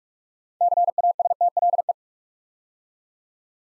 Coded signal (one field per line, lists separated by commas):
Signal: Morse code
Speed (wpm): 44 wpm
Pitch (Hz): 700 Hz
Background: none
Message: CASTLE